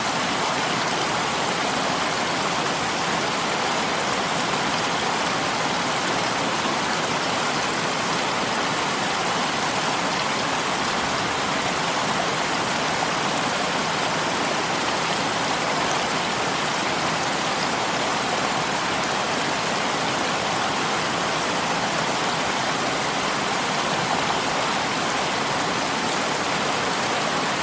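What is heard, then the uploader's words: A waterfall pours in a steady, dense rush of white noise, unchanging from start to finish. The sound is bright and hissing, sitting mostly in the upper range with little low rumble. No separate events stand out; the flow stays constant throughout. Relaxing Waterfall White Noise With Stream Water Sounds.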